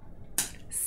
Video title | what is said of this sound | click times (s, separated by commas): Slobproof! Paint Pen How-to | make sure you hear that snap that tells you that your paintbrush is vacuum sealed | 0.4 s